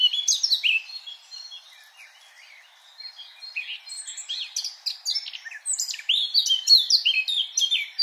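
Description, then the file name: Eurasian blackcap warbling song, a quick jumble of high scratchy and clear notes that fades briefly midway, then returns in a louder, busier run. "Sylvia atricapilla"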